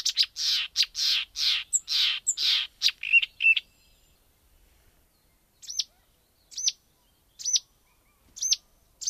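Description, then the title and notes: Marsh Warbler singing, harsh buzzy notes repeated quickly, then a pause and a few spaced sharp whistled chips about once a second. "Viikon luontoääni: Luhtakerttunen. Juha Laaksonen"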